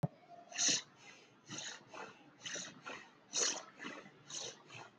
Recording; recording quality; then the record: shallow breathing; excellent, no background noise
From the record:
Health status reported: healthy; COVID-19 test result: not tested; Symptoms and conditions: none ticked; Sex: female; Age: 18 years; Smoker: not ticked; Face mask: not worn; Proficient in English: no